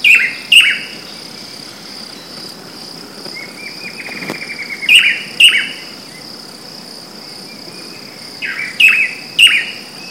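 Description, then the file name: Swallow-tailed manakin giving sharp, downslurred notes in pairs, with a brief buzzy rattle between, over a steady high insect drone. Recorded in Parque Estadual da Cantareira, São Paulo, Brazil, on 19 January 2013 with a minisony. "Chiroxiphia-caudata-PECantareira-SP-19-1-13-ASilveira-minisony"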